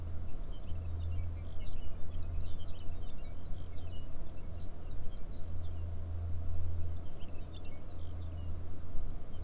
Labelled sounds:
songbird
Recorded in the Arctic National Wildlife Refuge, Alaska, on 21 May 2019 at 12:20
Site 38

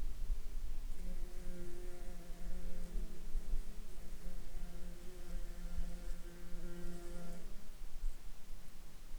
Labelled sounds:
insects
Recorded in Ivvavik National Park, Yukon, on 1 July 2019 at 10:08
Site SINP09

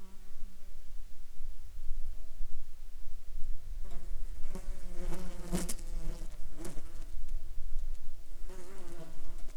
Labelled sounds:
insects
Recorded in Ivvavik National Park, Yukon, on 8 July 2019 at 12:21
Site SINP03

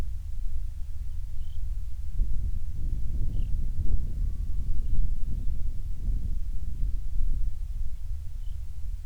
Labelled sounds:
songbird
wind
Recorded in the Prudhoe Bay oil fields, Alaska, on 28 July 2019 at 05:25
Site 25

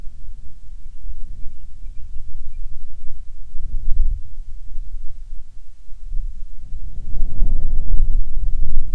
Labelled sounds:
bird
wind
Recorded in the Prudhoe Bay oil fields, Alaska, on 10 July 2019 at 14:09
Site 14

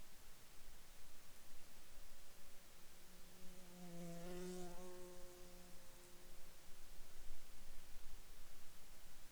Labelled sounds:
insects
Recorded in Ivvavik National Park, Yukon, on 24 June 2019 at 00:57
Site SINP06

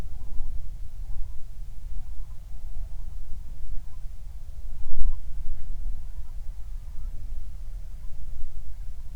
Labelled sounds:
waterfowl
wind
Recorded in the Prudhoe Bay oil fields, Alaska, on 31 July 2019 at 07:53
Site 24

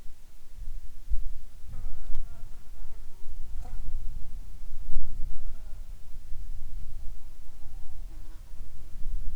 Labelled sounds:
wind
insects
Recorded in the Arctic National Wildlife Refuge, Alaska, on 7 July 2019 at 18:50
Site 41

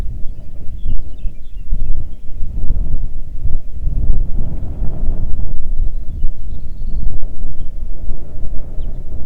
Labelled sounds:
bird
wind
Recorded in the Arctic National Wildlife Refuge, Alaska, on 3 June 2019 at 04:40
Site 37

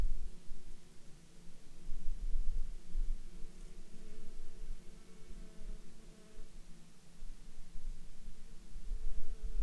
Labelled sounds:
insects
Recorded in Ivvavik National Park, Yukon, on 26 June 2019 at 15:00
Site SINP09

